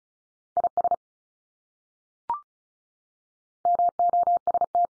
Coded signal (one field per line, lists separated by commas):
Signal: Morse code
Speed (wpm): 34 wpm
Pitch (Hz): 700 Hz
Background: none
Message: IS MOST